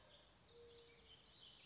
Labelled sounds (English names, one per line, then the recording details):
Mourning Dove
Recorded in Sonoma County, California